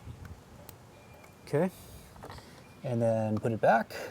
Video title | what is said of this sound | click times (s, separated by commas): How to Fix Yamaha EF2000iS Generator Surging | we're just going to plug it in until it clicks okay | 0.7 s